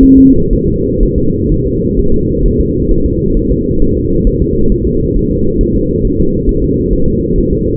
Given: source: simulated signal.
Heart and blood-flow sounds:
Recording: fetal heart sounds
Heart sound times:
0.03 s: S1
0.18 s: S2
0.53 s: S1
0.68 s: S2
1.03 s: S1
1.18 s: S2
1.52 s: S1
1.66 s: S2
1.99 s: S1
2.14 s: S2
2.46 s: S1
2.61 s: S2
2.91 s: S1
3.06 s: S2
3.37 s: S1
3.51 s: S2
3.82 s: S1
3.97 s: S2
4.27 s: S1
4.42 s: S2
4.72 s: S1
4.87 s: S2
5.16 s: S1
5.31 s: S2
5.61 s: S1
5.76 s: S2
6.05 s: S1
6.20 s: S2
6.49 s: S1
6.64 s: S2
6.93 s: S1
7.08 s: S2
7.38 s: S1
7.53 s: S2
From the record:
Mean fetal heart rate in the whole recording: 130 bpm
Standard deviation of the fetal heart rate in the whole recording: 4 bpm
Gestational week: 38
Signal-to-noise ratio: -16.4 dB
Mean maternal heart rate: 72 bpm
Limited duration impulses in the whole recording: present

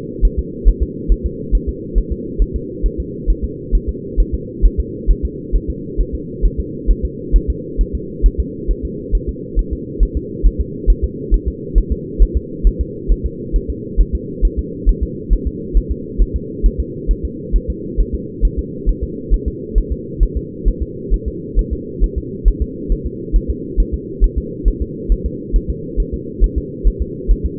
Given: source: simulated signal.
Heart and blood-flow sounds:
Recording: fetal heart sounds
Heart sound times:
0.25 s: S1
0.39 s: S2
0.68 s: S1
0.83 s: S2
1.12 s: S1
1.26 s: S2
1.55 s: S1
1.69 s: S2
1.98 s: S1
2.12 s: S2
2.42 s: S1
2.56 s: S2
2.86 s: S1
3.00 s: S2
3.30 s: S1
3.44 s: S2
3.75 s: S1
3.89 s: S2
4.20 s: S1
4.34 s: S2
4.66 s: S1
4.80 s: S2
5.11 s: S1
5.25 s: S2
5.56 s: S1
5.70 s: S2
6.01 s: S1
6.15 s: S2
6.46 s: S1
6.60 s: S2
6.91 s: S1
7.05 s: S2
7.36 s: S1
7.50 s: S2
7.81 s: S1
7.95 s: S2
8.26 s: S1
8.40 s: S2
8.71 s: S1
8.85 s: S2
9.15 s: S1
9.29 s: S2
9.59 s: S1
9.73 s: S2
10.03 s: S1
10.17 s: S2
10.46 s: S1
10.61 s: S2
10.90 s: S1
11.04 s: S2
11.34 s: S1
11.48 s: S2
11.78 s: S1
11.92 s: S2
12.23 s: S1
12.37 s: S2
12.67 s: S1
12.81 s: S2
13.12 s: S1
13.26 s: S2
13.56 s: S1
13.70 s: S2
14.01 s: S1
14.15 s: S2
14.45 s: S1
14.59 s: S2
14.89 s: S1
15.03 s: S2
15.33 s: S1
15.47 s: S2
15.77 s: S1
15.92 s: S2
16.22 s: S1
16.36 s: S2
16.66 s: S1
16.80 s: S2
17.11 s: S1
17.25 s: S2
17.56 s: S1
17.70 s: S2
18.00 s: S1
18.15 s: S2
18.45 s: S1
18.59 s: S2
18.89 s: S1
19.04 s: S2
19.34 s: S1
19.48 s: S2
19.78 s: S1
19.92 s: S2
20.23 s: S1
20.37 s: S2
20.68 s: S1
20.83 s: S2
21.14 s: S1
21.28 s: S2
21.59 s: S1
21.73 s: S2
22.04 s: S1
22.18 s: S2
22.48 s: S1
22.62 s: S2
22.92 s: S1
23.06 s: S2
23.36 s: S1
23.50 s: S2
23.80 s: S1
23.94 s: S2
24.24 s: S1
24.38 s: S2
24.68 s: S1
24.82 s: S2
25.12 s: S1
25.26 s: S2
25.56 s: S1
25.70 s: S2
26.00 s: S1
26.14 s: S2
26.44 s: S1
26.58 s: S2
26.88 s: S1
27.02 s: S2
27.31 s: S1
27.46 s: S2
From the record:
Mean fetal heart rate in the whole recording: 135 bpm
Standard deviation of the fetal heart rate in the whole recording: 3 bpm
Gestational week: 36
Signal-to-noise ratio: -4.1 dB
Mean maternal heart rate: no maternal heart sound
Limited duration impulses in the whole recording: absent

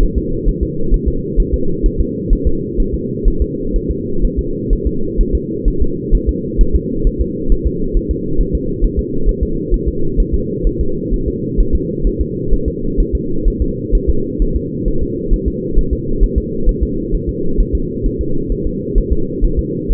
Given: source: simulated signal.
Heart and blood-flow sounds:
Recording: fetal heart sounds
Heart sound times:
0.03 s: S1
0.18 s: S2
0.49 s: S1
0.63 s: S2
0.94 s: S1
1.08 s: S2
1.40 s: S1
1.54 s: S2
1.86 s: S1
2.00 s: S2
2.33 s: S1
2.47 s: S2
2.80 s: S1
2.94 s: S2
3.28 s: S1
3.42 s: S2
3.76 s: S1
3.90 s: S2
4.25 s: S1
4.39 s: S2
4.73 s: S1
4.87 s: S2
5.21 s: S1
5.35 s: S2
5.68 s: S1
5.82 s: S2
6.15 s: S1
6.29 s: S2
6.61 s: S1
6.75 s: S2
7.07 s: S1
7.21 s: S2
7.52 s: S1
7.67 s: S2
7.97 s: S1
8.11 s: S2
8.41 s: S1
8.55 s: S2
8.85 s: S1
8.99 s: S2
9.29 s: S1
9.43 s: S2
9.74 s: S1
9.88 s: S2
10.20 s: S1
10.34 s: S2
10.67 s: S1
10.81 s: S2
11.14 s: S1
11.28 s: S2
11.60 s: S1
11.75 s: S2
12.07 s: S1
12.21 s: S2
12.54 s: S1
12.68 s: S2
13.00 s: S1
13.15 s: S2
13.48 s: S1
13.62 s: S2
13.95 s: S1
14.09 s: S2
14.42 s: S1
14.56 s: S2
14.88 s: S1
15.03 s: S2
15.34 s: S1
15.48 s: S2
15.79 s: S1
15.93 s: S2
16.23 s: S1
16.38 s: S2
16.69 s: S1
16.83 s: S2
17.15 s: S1
17.29 s: S2
17.61 s: S1
17.75 s: S2
18.06 s: S1
18.21 s: S2
18.52 s: S1
18.67 s: S2
18.98 s: S1
19.12 s: S2
19.45 s: S1
19.59 s: S2
19.92 s: S1
From the record:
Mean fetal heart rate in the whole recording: 130 bpm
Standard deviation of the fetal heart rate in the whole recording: 4 bpm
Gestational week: 38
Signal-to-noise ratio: -8.1 dB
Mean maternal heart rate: 72 bpm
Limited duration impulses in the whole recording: absent

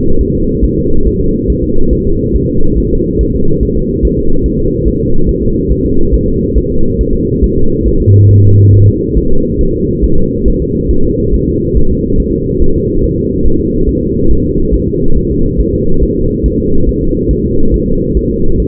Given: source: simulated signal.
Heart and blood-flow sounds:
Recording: fetal heart sounds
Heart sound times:
0.21 s: S1
0.35 s: S2
0.65 s: S1
0.78 s: S2
1.07 s: S1
1.21 s: S2
1.50 s: S1
1.64 s: S2
1.93 s: S1
2.07 s: S2
2.35 s: S1
2.50 s: S2
2.78 s: S1
2.92 s: S2
3.21 s: S1
3.35 s: S2
3.63 s: S1
3.77 s: S2
4.05 s: S1
4.19 s: S2
4.46 s: S1
4.60 s: S2
4.88 s: S1
5.01 s: S2
5.29 s: S1
5.43 s: S2
5.72 s: S1
5.85 s: S2
6.14 s: S1
6.28 s: S2
6.57 s: S1
6.72 s: S2
7.01 s: S1
7.15 s: S2
7.44 s: S1
7.58 s: S2
7.88 s: S1
8.02 s: S2
8.31 s: S1
8.45 s: S2
8.74 s: S1
8.88 s: S2
9.18 s: S1
9.31 s: S2
9.61 s: S1
9.75 s: S2
10.04 s: S1
10.18 s: S2
10.48 s: S1
10.62 s: S2
10.91 s: S1
11.05 s: S2
11.34 s: S1
11.48 s: S2
11.77 s: S1
11.91 s: S2
12.20 s: S1
12.34 s: S2
12.62 s: S1
12.76 s: S2
13.04 s: S1
13.18 s: S2
13.47 s: S1
13.60 s: S2
13.89 s: S1
14.03 s: S2
14.31 s: S1
14.45 s: S2
14.74 s: S1
14.88 s: S2
15.17 s: S1
15.31 s: S2
15.60 s: S1
15.75 s: S2
16.03 s: S1
16.17 s: S2
16.46 s: S1
16.60 s: S2
16.89 s: S1
17.03 s: S2
17.31 s: S1
17.45 s: S2
17.74 s: S1
17.88 s: S2
18.17 s: S1
18.31 s: S2
18.60 s: S1
From the record:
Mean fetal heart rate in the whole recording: 140 bpm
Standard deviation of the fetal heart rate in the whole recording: 2 bpm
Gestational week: 34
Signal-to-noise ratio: -19.1 dB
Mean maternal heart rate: 72 bpm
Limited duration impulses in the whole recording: present

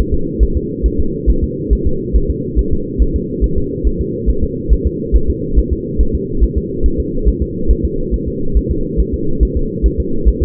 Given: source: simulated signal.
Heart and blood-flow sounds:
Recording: fetal heart sounds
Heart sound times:
0.14 s: S2
0.43 s: S1
0.57 s: S2
0.86 s: S1
1.00 s: S2
1.30 s: S1
1.44 s: S2
1.73 s: S1
1.87 s: S2
2.16 s: S1
2.30 s: S2
2.59 s: S1
2.73 s: S2
3.02 s: S1
3.16 s: S2
3.44 s: S1
3.58 s: S2
3.87 s: S1
4.01 s: S2
4.30 s: S1
4.44 s: S2
4.73 s: S1
4.87 s: S2
5.16 s: S1
5.30 s: S2
5.59 s: S1
5.73 s: S2
6.01 s: S1
6.15 s: S2
6.44 s: S1
6.58 s: S2
6.86 s: S1
7.00 s: S2
7.28 s: S1
7.43 s: S2
7.71 s: S1
7.85 s: S2
8.14 s: S1
8.28 s: S2
8.57 s: S1
8.71 s: S2
9.00 s: S1
9.14 s: S2
9.43 s: S1
9.57 s: S2
9.86 s: S1
10.00 s: S2
10.29 s: S1
10.43 s: S2
From the record:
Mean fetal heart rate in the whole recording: 140 bpm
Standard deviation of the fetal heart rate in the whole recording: 2 bpm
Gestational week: 34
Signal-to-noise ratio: -8.1 dB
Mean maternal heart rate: 72 bpm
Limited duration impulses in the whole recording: present

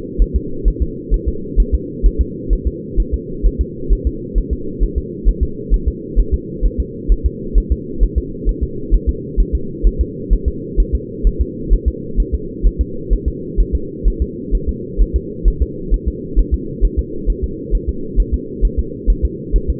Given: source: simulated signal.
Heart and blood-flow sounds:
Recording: fetal heart sounds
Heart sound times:
0.22 s: S1
0.36 s: S2
0.68 s: S1
0.82 s: S2
1.14 s: S1
1.28 s: S2
1.60 s: S1
1.74 s: S2
2.06 s: S1
2.21 s: S2
2.53 s: S1
2.67 s: S2
3.00 s: S1
3.14 s: S2
3.46 s: S1
3.61 s: S2
3.93 s: S1
4.07 s: S2
4.38 s: S1
4.53 s: S2
4.84 s: S1
4.98 s: S2
5.28 s: S1
5.43 s: S2
5.74 s: S1
5.88 s: S2
6.19 s: S1
6.34 s: S2
6.66 s: S1
6.80 s: S2
7.12 s: S1
7.26 s: S2
7.58 s: S1
7.72 s: S2
8.03 s: S1
8.18 s: S2
8.49 s: S1
8.63 s: S2
8.94 s: S1
9.09 s: S2
9.40 s: S1
9.55 s: S2
9.87 s: S1
10.01 s: S2
10.33 s: S1
10.48 s: S2
10.80 s: S1
10.95 s: S2
11.27 s: S1
11.41 s: S2
11.73 s: S1
11.88 s: S2
12.20 s: S1
12.34 s: S2
12.66 s: S1
12.81 s: S2
13.13 s: S1
13.28 s: S2
13.60 s: S1
13.75 s: S2
14.08 s: S1
14.22 s: S2
14.55 s: S1
14.69 s: S2
15.01 s: S1
15.16 s: S2
15.48 s: S1
15.62 s: S2
15.94 s: S1
16.08 s: S2
16.39 s: S1
16.54 s: S2
16.85 s: S1
16.99 s: S2
17.30 s: S1
17.44 s: S2
17.75 s: S1
17.89 s: S2
18.20 s: S1
18.34 s: S2
18.65 s: S1
18.79 s: S2
19.10 s: S1
19.25 s: S2
19.56 s: S1
19.70 s: S2
From the record:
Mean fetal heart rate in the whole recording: 130 bpm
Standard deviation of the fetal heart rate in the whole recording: 2 bpm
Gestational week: 36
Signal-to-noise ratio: -4.3 dB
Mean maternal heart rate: 72 bpm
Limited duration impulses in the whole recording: absent

